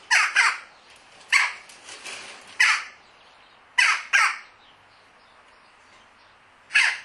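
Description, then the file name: Red-rumped swallow calling with rasping notes, some doubled, repeated irregularly against a quiet background. "Cdauricus"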